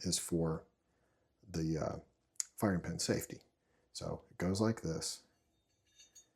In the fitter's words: You hear that little click? I had to push a little bit further.